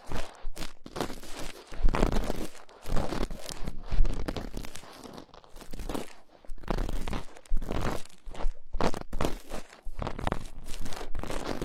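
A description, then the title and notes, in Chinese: A cotton swab works inside an ear, making dense scratchy rustling and crackling in uneven bursts with brief quiet gaps throughout. 棉棒掏耳朵。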